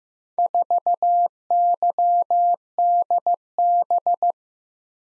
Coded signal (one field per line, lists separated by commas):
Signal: Morse code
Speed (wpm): 15 wpm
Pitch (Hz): 700 Hz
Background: none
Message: 4YDB